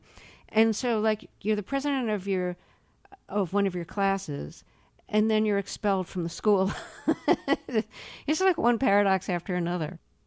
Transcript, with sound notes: And so like, you're the president of your - of one of your classes. And then you're expelled from the school (laughter). It's like one paradox after another.